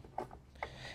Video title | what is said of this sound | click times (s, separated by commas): HP Z840 Workstation Review & Overview - Memory Install Tips - How to Configure HPE System - Gaming | now we're going to go ahead and do the next one and it's going to be the same thing line it up properly and | 0.2 s, 0.6 s